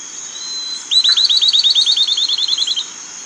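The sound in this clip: Bird gives a fast, even trill of many short whistled notes lasting about two seconds, over a steady high-pitched background drone.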